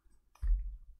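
A plastic screen bezel is pressed back onto a laptop display lid so its clips engage. Faint ticks are followed by soft clicks at 0.4 s and 0.5 s, then a low, muffled rumble. The bezel is seated and stays on, though it went on softly without a firm click.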